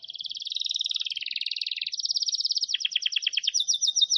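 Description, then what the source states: Canary song: a long, fast trilled phrase in rapid pulses, shifting to a second trill, then ending in quick, sharply descending rattled notes. Long, energetic canary song, used as a lure and tutor recording for wild canaries.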